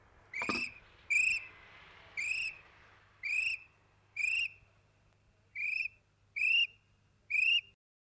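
Kiwi calling: a series of eight shrill whistles, each under half a second, repeated roughly once a second.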